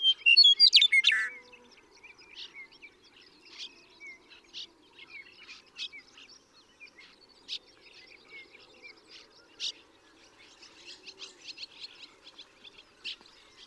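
Western meadowlark song opens loudly with slurred whistles and a bubbling finish, followed by many seconds of soft, repeated chips and twitters from other birds.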